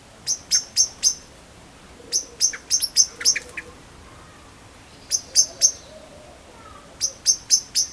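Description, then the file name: Eurasian blackbird giving sharp, high clicking call notes in short bursts, separated by pauses of about a second or more. "Turdus merula"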